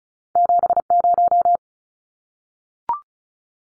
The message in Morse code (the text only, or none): 70